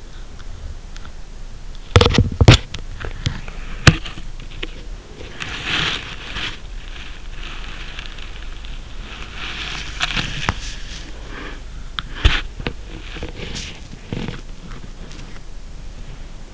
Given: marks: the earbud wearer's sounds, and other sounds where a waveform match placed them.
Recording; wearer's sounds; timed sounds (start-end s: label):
sounds in sleep by an in-ear microphone; body movement
0.00-16.54 s: body movement